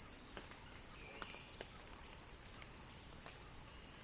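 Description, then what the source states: Cicada song, a steady piercing buzz holding one high pitch, with a few faint ticks and soft chirps behind it. Described as a cicada crescendo.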